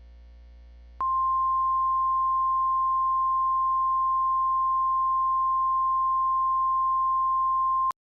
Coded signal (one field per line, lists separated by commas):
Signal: Emergency Alert System (SAME) tones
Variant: 1050 Hz attention tone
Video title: EAS Scenario - Plane Crash